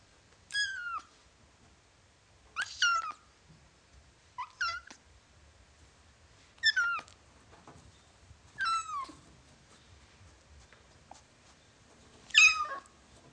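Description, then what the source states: Cat: kitten meowing, six short high-pitched harmonic meows spaced a few seconds apart, some falling in pitch, with quiet background between calls. Ten-week-old kitten, meowing.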